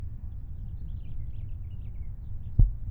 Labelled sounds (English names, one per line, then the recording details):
House Finch song
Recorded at Oak Beach on Long Island, New York, on 21 May 1975
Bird A